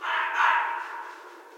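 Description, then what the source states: Red fox calling with one coarse, wailing scream that begins at once and gradually weakens and fades. Recorded 14 January 2012.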